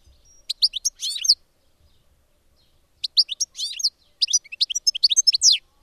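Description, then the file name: European goldfinch singing lively twittering phrases of rapid, tinkling notes, the first followed by a longer pause. "tengelic"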